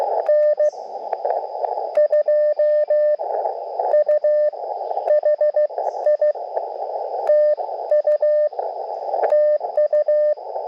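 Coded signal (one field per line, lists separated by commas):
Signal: Morse code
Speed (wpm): 15 wpm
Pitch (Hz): 600 Hz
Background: radio noise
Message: N2U HI TU TU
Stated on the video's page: Portable QRP CW for a sunrise Parks on the Air activation, sent with an Elecraft KX2 and KXPD2 paddle into a 17-foot vertical with a 40-meter coil.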